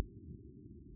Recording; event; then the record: neck accelerometer signal played as sound; no cough (speech, laughter, throat clearing or background)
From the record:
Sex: female